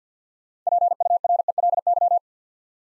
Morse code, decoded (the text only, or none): PURELY